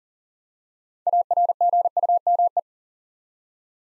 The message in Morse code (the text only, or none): ARGUME